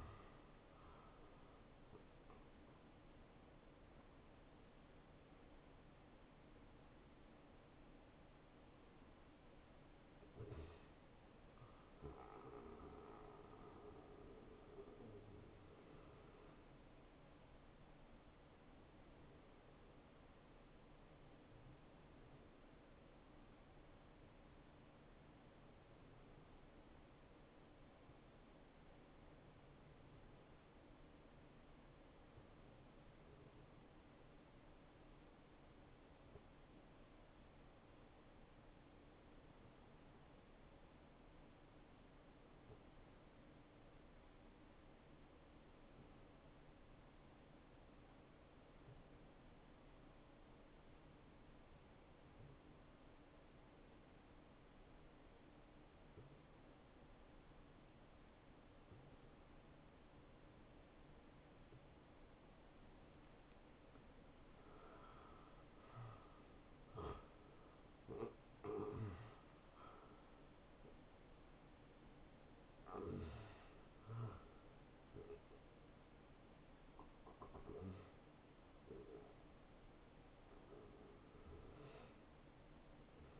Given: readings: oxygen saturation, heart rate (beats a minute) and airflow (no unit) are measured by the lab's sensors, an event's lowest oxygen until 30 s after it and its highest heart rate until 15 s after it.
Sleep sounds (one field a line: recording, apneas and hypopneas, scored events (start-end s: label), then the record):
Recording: breathing in sleep by a voice recorder at the bedside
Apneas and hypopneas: 1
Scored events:
19.00-79.00 s: new sleep stage, N2 (light sleep)
20.00-64.60 s: hypopnea (N2, oxygen 96% highest, then 86% lowest, heart rate 70 at the start, 77 highest)
79.00-83.40 s: new sleep stage, N1 (lightest sleep)
From the record:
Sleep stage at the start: N1 (lightest sleep)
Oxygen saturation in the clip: 87 to 96%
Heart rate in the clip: 56 to 80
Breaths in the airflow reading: 17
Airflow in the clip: -14.3 to 8.9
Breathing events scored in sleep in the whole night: 263 in 5.5 hours asleep